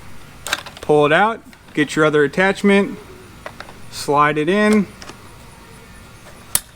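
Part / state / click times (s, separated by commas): attachment shaft into string trimmer power head coupling / seated / 6.5 s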